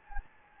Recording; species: mosquito wingbeat signal from an infrared sensor; Anopheles gambiae